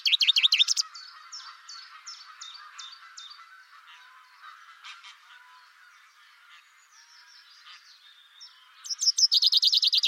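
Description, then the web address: Bird calls: a brief loud, fast trill, then short high down-slurred notes repeated evenly, a softer jumble of chirps, and a loud, fast trill at the end. "cianscape birddata Deverinetal 2025 Bird Only Fr Co"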